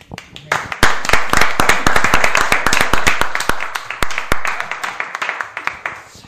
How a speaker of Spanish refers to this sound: Yo creo que eso se merece un aplauso.